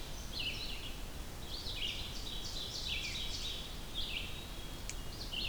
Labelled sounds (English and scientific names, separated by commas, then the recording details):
Red-eyed Vireo (Vireo olivaceus) song
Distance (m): 55 m
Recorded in boreal forest in Alberta, Canada, on 14 June 2016 at 06:54
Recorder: SongMeter 3, array SBT-3-33
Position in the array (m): 148 m, 176 m